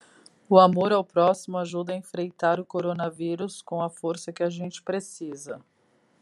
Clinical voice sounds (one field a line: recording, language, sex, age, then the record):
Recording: spoken sentence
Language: Brazilian Portuguese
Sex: female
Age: 40 to 49 years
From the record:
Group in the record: control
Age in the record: 44 years